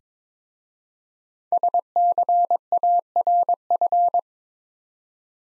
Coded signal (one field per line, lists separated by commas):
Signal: Morse code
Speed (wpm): 22 wpm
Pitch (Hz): 700 Hz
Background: none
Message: SCARF